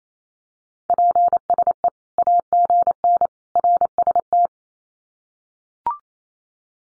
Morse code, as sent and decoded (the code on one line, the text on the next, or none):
.--. ... . / .- --. -. / .-. ... -
PSE AGN RST